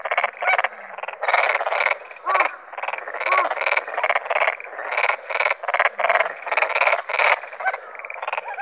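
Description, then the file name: Black-spotted pond frog calling: dense rattling croaks in many bursts, almost continuous. Recorded 13 May 2013. "tonosamagaeru 130513"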